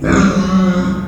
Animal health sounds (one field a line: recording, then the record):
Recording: squeal of a Yucatan mini pig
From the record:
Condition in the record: after surgery on the right vocal fold (resection and tissue-engineered implant)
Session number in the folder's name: 10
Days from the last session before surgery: 86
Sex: female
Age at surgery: 19 weeks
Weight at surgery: 25 kg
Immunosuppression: prednisolone